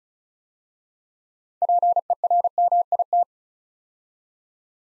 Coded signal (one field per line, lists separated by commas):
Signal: Morse code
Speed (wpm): 36 wpm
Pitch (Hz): 700 Hz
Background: none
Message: PERMIT